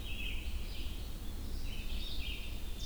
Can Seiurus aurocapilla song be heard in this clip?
no